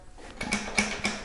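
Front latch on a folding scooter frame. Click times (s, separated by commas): 0.8 s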